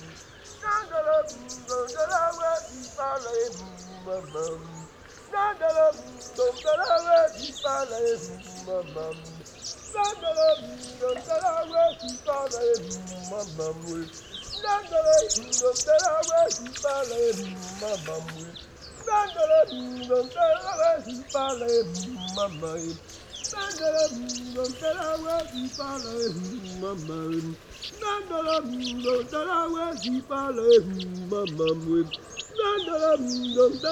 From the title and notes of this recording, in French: Île de Sao tomé- Nagra seven - Telinga pro7. L'homme qui passe et qui inlassablement lance sa phrase modulée et les oiseaux aux chants brouillons et chiffonnés.